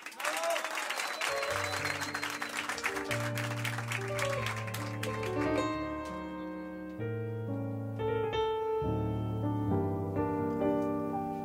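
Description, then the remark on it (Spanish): A burst of dense applause from a crowd for a Nobel laureate for about five seconds, thinning out as soft melodic instrumental music begins and carries on alone. “¡Fuerte el aplauso para la Nobel!”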